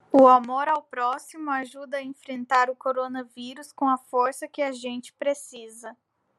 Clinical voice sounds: spoken sentence; Brazilian Portuguese; female; 20 to 29 years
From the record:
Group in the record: control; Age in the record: 23 years

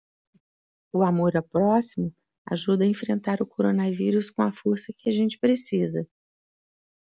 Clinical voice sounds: spoken sentence; Brazilian Portuguese; female; 60 to 69 years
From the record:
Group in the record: control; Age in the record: 61 years

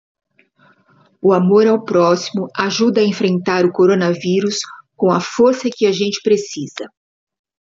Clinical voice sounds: spoken sentence; Brazilian Portuguese; female; 60 to 69 years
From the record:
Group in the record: control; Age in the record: 60 years

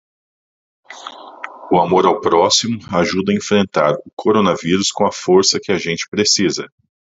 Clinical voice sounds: spoken sentence; Brazilian Portuguese; male; 40 to 49 years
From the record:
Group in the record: control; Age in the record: 42 years

